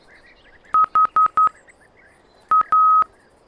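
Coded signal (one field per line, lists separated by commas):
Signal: Morse code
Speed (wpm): 11 wpm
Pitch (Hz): 1270 Hz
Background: none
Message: HA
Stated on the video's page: Morse in a 1996 edutainment game.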